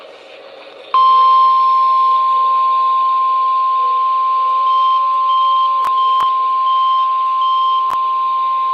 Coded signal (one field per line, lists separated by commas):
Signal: Emergency Alert System (SAME) tones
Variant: 1050 Hz attention tone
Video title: EAS Special Marine Warning #4 (From LWX) 7/14/25 (Credit Goes To @SouthernPennsylvaniaWX)